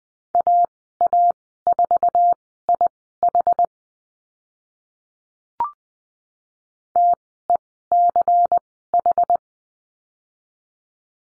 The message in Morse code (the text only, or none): AA4IH TECH